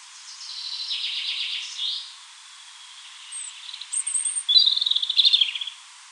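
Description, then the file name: European robin singing a soft, hissy high phrase, then a pause, then a brighter sequence of quick, high trilled notes. "Erithacus rubecula"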